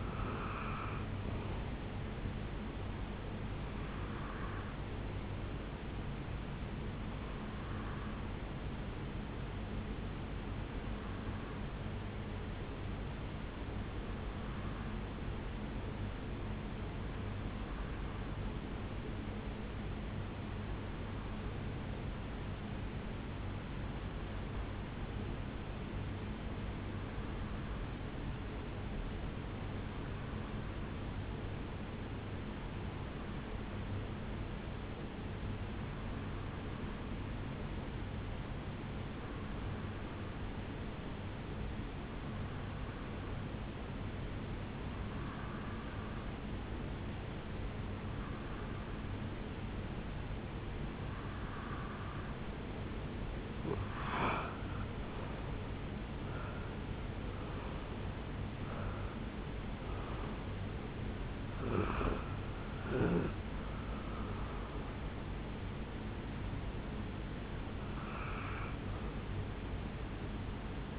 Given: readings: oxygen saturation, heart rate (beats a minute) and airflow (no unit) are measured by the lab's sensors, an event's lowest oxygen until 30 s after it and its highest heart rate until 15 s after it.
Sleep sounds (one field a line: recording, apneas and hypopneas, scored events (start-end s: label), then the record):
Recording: breathing in sleep by a voice recorder at the bedside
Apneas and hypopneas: 1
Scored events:
12.00-53.80 s: hypopnea (N1, oxygen 96% highest, then 89% lowest, heart rate 64 at the start, 78 highest)
22.00-52.00 s: new sleep stage, N2 (light sleep)
52.00-70.99 s: new sleep stage, N1 (lightest sleep)
From the record:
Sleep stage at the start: N1 (lightest sleep)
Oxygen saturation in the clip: 89 to 96%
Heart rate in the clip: 61 to 78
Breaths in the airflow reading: 19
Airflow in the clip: -7.9 to 6.6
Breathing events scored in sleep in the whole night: 449 in 7.0 hours asleep